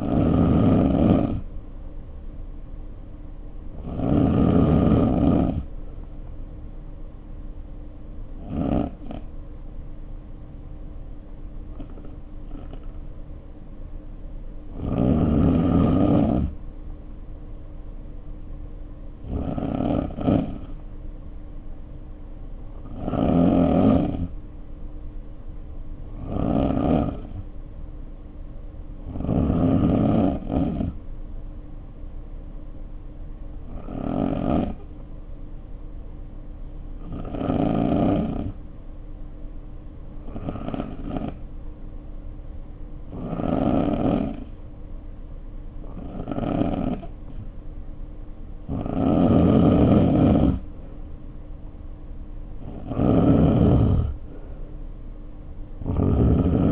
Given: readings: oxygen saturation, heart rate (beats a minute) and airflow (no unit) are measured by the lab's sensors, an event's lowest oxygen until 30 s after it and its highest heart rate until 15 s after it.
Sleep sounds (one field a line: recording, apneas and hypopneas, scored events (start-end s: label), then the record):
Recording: breathing in sleep by a smartphone at the bedside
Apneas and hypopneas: 1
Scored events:
34.00-49.30 s: hypopnea (N3, oxygen 92% highest, then 87% lowest, heart rate 57 at the start, 64 highest)
From the record:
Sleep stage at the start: N3 (deep sleep)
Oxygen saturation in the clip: 87 to 93%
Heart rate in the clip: 54 to 62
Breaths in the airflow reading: 14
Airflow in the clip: -4.0 to 4.6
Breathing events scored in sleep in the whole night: 520 in 7.2 hours asleep